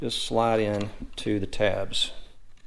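Someone talks while plastic fender flare pins are slid into the mounting tabs on the body of a third-generation 4Runner, with only faint handling sounds under the voice. Nothing has seated or clicked yet.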